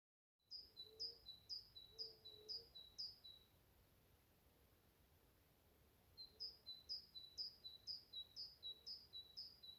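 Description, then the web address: Great tit song: a bright two-note phrase, high then lower, repeated rapidly several times, a pause of a few seconds, then another similar run, over a faint steady background hiss. "SETE Parus major"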